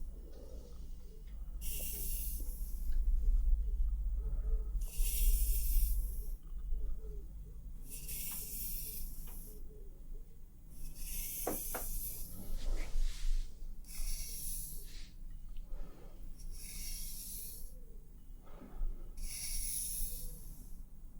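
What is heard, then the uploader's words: During a scalp treatment, short bright hissing bursts, like a spray or mist, come at a steady pace about every three seconds. Between them are soft rubbing and handling noises, a few light clicks near the middle, and a low constant hum underneath. ASMR Cozy Scalp Treatment, Massage + Hair Wash for Sleep ~ personal attention roleplay.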